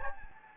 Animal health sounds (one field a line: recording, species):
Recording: mosquito wingbeat signal from an infrared sensor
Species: Anopheles gambiae